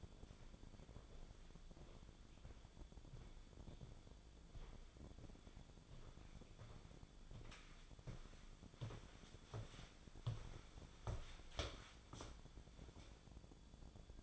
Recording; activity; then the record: daily activity, microphone in the room; walk to room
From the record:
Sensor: 5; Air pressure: 1010.2 hPa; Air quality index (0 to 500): 139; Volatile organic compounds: 3 ppm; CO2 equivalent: 1359 ppm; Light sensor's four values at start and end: 283/702/296/324 and 272/672/285/312